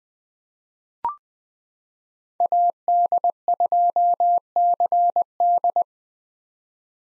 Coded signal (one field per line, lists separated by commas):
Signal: Morse code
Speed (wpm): 20 wpm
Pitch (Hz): 700 Hz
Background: none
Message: AD2CD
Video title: 2023 POTA Hunter Call Signs - 20wpm